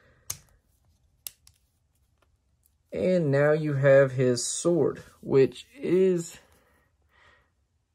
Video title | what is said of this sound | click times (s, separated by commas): Transformers Netflix War For Cybertron Megatron | it up and then it will lock into place and | 0.3 s, 1.3 s